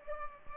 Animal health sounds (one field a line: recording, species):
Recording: mosquito wingbeat signal from an infrared sensor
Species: Culex pipiens